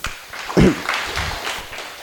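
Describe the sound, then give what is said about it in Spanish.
An auditorium audience at a debate applauds, a steady wash of many hands clapping for about two seconds, with one louder low burst near the start before settling into even, moderate clapping. “Un aplauso para ustedes, por favor.”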